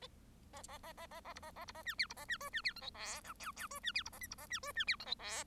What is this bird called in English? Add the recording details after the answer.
Bengalese Finch. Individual Bird1